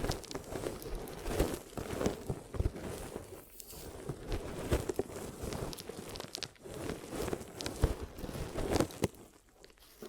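A glue ear massage and cleaning: dense, steady rubbing and scratching with crinkly, crackling texture throughout. Sharper pops and crunches stand out now and then, around two, five and eight seconds, and the sound briefly thins out near the end.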